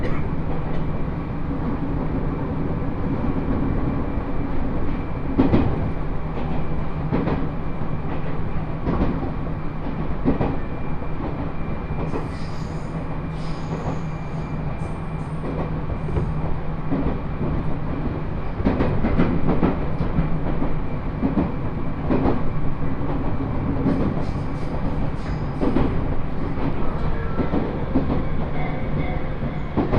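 Inside a crowded train on the Uetsu Main Line, a steady low rumble runs throughout with a constant drone. Irregular clacks and knocks from the rails break through every second or two, and brief high squeaks appear around 12–16 and 24–26 seconds.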